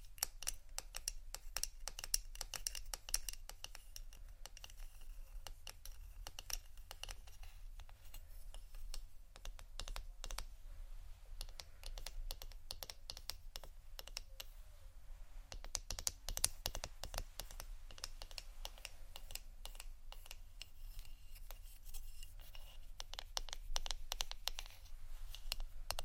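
Plastic and glass rattle with dense, irregular tapping and scratching clicks throughout, busiest around sixteen seconds, over a steady low rumble.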